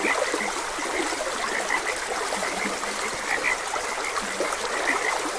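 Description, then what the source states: Frog chorus of short, knocking croaks with occasional lower notes, running over a steady babble of stream water. Frogs croaking beside a gentle stream.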